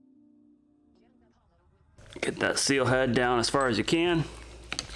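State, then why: Partly seated. A circlip is pushed into the groove above the seal head in a dirt bike shock body, but it only partly snaps in, with one side still needing a bit more. A quiet hum is followed by someone talking. A sharp click at 4.7 s marks the partial seating.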